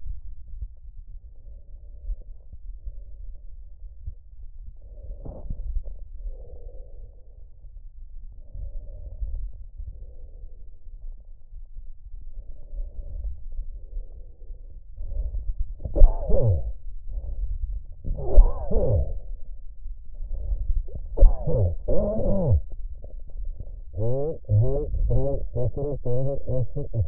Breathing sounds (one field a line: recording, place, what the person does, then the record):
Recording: lung sounds by stethoscope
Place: trachea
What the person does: quiet breathing, then cough and speech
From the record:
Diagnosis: pulmonary infection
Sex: male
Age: 54 years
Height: 187 cm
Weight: 95 kg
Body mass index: 27.2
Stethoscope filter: extended mode